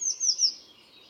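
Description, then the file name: Eurasian blue tit calling with a fast burst of high, thin, falling tsee notes that fade out within half a second. "Cyanistes caeruleus"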